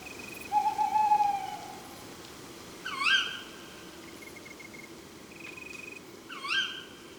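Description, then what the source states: Tawny owl: a drawn-out steady hoot, then two sharp rising kewick calls a few seconds apart, with faint high pulsed trills between them. Several owls recorded at Chanéac, Ardèche.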